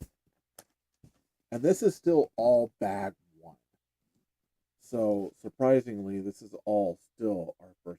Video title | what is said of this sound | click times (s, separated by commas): Building Block Live Show! | That snaps into place there. | 0.6 s